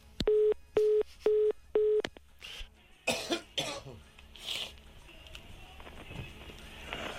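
Four short, evenly spaced telephone-style beeps are followed by three brief, harsh cough bursts about half a second to a second apart, with low studio room noise throughout. These are ordinary dry coughs from an adult male radio presenter, heard in between callers on a radio show.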